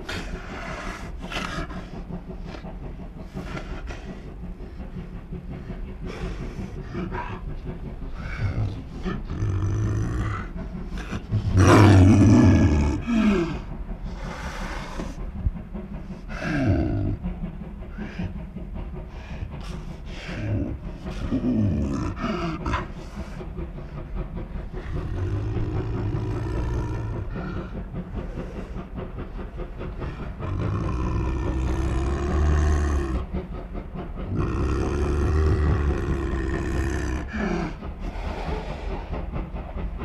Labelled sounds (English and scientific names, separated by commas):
Snow Leopard (Uncia uncia)